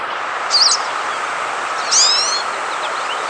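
Pine siskin calls: two brief, high, wavering notes about a second and a half apart, the second longer with a slurred sweep, over a steady background hiss.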